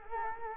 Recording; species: mosquito wingbeat signal from an infrared sensor; Culex quinquefasciatus